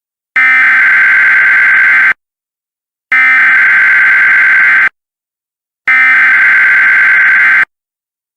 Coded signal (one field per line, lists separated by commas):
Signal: Emergency Alert System (SAME) tones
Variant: header bursts